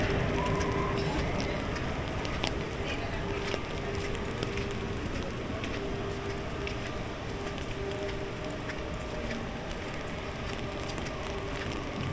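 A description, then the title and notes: A walk through Animal Kingdom park at Walt Disney World, with a dense, steady wash of crowd noise and murmuring voices throughout. Faint tonal lines hint at music or whistles in the background, and sharp ticks and clicks break through now and then. Take a walk through Animal Kingdom park in Walt Disney World.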